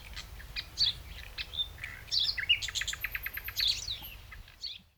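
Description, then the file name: Common nightingale song: varied high phrases with sharp chirps, a brief clear whistle and a fast run of repeated clicking notes. "Luscinia megarhynchos"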